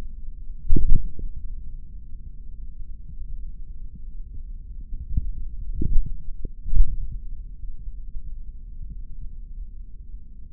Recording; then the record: forearm muscle sounds (acoustic myography)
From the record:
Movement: tripod grip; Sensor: system 3, bracelet of six PUI Audio POM-2738L microphones around the upper forearm, with dedicated amplification and filtering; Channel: 6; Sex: male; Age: 26 years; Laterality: right